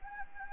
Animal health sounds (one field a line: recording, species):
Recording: mosquito wingbeat signal from an infrared sensor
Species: Anopheles gambiae